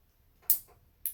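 A small plastic Lego piece is pressed onto a model bicycle or motorcycle assembly after a struggle to fit it. A sharp burst sounds at 0.5 s, then a sharp plastic snap at 1.1 s as the piece seats into place.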